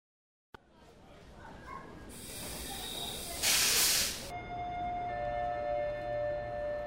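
Busy train station ambience: a steady low rumble with loud bursts of hissing air and thin, sustained high-pitched whines, like brakes or engines idling, with no clear speech.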